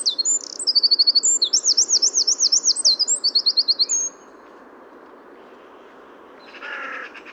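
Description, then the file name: Eurasian wren singing a brisk, piercing series of high trills and chattering notes for roughly four seconds, followed by quiet and a brief lower note. "Troglodytes troglodytes"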